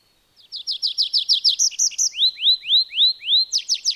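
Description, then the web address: Songbird singing a quick run of sharp high descending notes, then a few hooked notes, then slower rising-and-falling slurred whistles, ending with a brief fast burst. "madarak enek"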